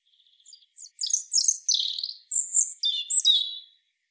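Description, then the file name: European robin song: a faint thin ticking, then a cascade of high sweet whistles and trills in several short bursts. "Erithacus rubecula"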